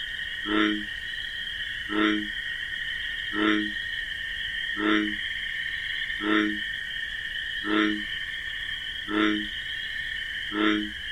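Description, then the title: Bullfrog with deep, buzzy croaks spaced evenly about every one and a half seconds against a constant ringing cricket background. Nocturnal wetland scene with marsh grasses, crickets chorusing alongside a bullfrog's deep, distinctive 'jug-o-rum' call. "Bullfrog Sound. The Wondrous Wetlands"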